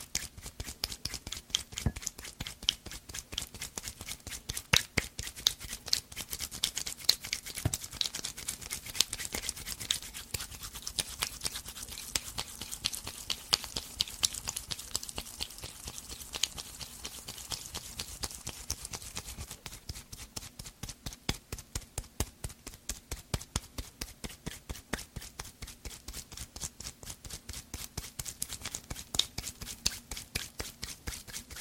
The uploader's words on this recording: Doing Your Night Skincare Fast & Aggressive (layered sound, tapping, hair brushing, no talking).